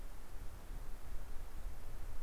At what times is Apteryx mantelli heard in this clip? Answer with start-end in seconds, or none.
none